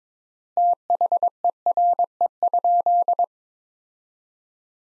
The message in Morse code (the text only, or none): THERE?